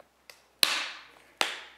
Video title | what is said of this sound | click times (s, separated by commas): Nouveauté SALOMON CUSTOM HEAT - glisshop.com | Voilà, on entend le clac justement quand elle vient se verrouiller. | 0.6 s